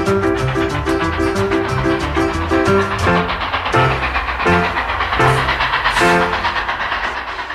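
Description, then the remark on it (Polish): A train rolling along the rails, a loud steady rumble with a tonal hum running through it and a regular clack of the wheels repeating every second or so. No voices. “Po raz pierwszy jadę do prawdziwej stacji, jadę pociągiem prawdziwym.”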